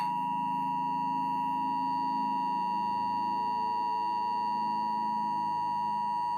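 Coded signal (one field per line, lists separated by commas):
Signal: Emergency Alert System (SAME) tones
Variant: 853 and 960 Hz attention tone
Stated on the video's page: Fictional EAS scenario, simulated alert.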